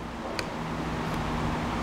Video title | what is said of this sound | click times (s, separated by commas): INTENSE Tazer MX Tech: Expert Build Unboxing and Assembly | Once we hear that click, we know we've successfully installed the connector into the heads-up display. | 0.4 s